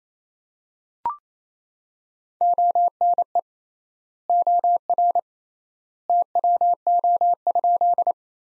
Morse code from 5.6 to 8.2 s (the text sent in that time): TWO?